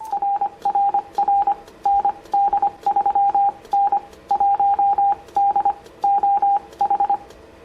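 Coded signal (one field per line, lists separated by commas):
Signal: Morse code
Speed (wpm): 25 wpm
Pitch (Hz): 800 Hz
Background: none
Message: RRR ND3N 1D OH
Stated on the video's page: CW from a Yaesu FT-710.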